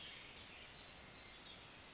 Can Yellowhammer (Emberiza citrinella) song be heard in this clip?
no